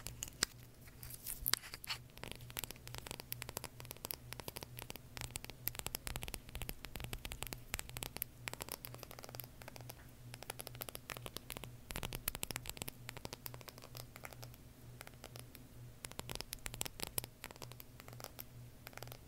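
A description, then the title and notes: ASMR tapping: a dense, unbroken stream of quick, crisp taps and scratchy clicks runs through the whole recording, fast and irregular, with brighter clusters here and there. A low, steady hum sits underneath throughout, along with a faint static-like hiss. ASMR Tapping For Sleep (No Talking).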